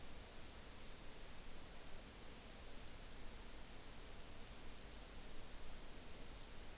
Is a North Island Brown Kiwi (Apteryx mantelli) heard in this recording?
no